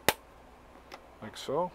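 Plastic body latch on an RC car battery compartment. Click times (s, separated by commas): 0.1 s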